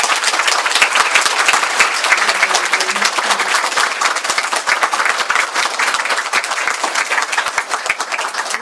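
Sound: audience applause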